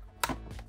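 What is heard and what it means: The plastic canopy hatch of a Star Wars The Vintage Collection E-Wing toy starfighter is put back on over the KE4-N4 droid figure to secure it, closing onto the hull with a sharp plastic snap at 0.2 s. Two fainter taps follow at about 0.5 and 0.6 s. The hatch is seated, and the droid is held solidly in place.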